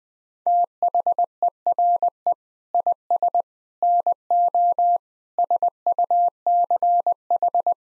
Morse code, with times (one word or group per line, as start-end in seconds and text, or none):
0.5-2.3 THERE
2.7-3.4 IS
3.8-5.0 NO
5.4-7.7 SUCH